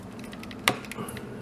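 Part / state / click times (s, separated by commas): plastic leg into action figure torso / not seated / none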